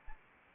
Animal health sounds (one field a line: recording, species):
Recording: mosquito wingbeat signal from an infrared sensor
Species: Anopheles arabiensis